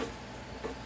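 A sample box is handled against its lid after being checked for the right side, ready to be fitted in, with only a low steady hum and a faint soft bump near 0.6 s. Nothing has seated or clicked yet; the box has not snapped into the lid.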